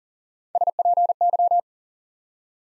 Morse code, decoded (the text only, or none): SPY